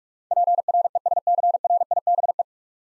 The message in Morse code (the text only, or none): PRESCRIBE